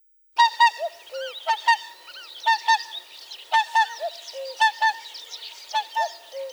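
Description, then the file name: Whooper swans trumpeting, loud bugling honks with rich harmonics, several birds calling in quick overlapping bursts, softer calls behind. "Pticy Rossii - Lebed-klikun Cygnus cygnus"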